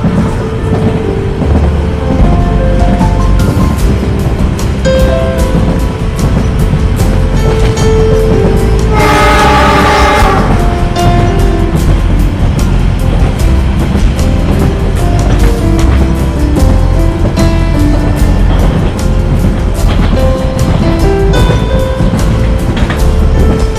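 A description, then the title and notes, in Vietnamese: A train chugs along steadily, a dense, heavy rumble that stays loud throughout, dotted with constant quick clicks and rattles from the wheels. Around nine to ten seconds a brighter, tonal blast rises briefly over the noise, and a low hum persists underneath. Tiếng tàu chạy xình xịch.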